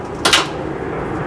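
The under-vehicle spare tire cable hoist on a Chevrolet Trailblazer SUV is cranked to raise the spare tire up against the underbody. Once the tire is tight, the hoist's safety slip clutch gives one sharp click at 0.3 s, over a low, steady background. That safety click means the spare tire is up tight.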